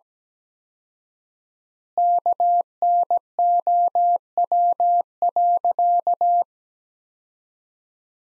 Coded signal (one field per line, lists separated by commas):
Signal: Morse code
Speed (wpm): 17 wpm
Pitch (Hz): 700 Hz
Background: none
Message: KNOW.